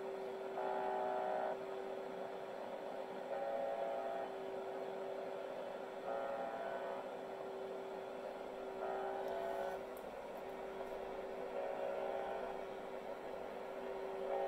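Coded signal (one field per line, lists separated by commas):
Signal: channel marker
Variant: UVB-76 (The Buzzer)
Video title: The Buzzer. Russian Military TX.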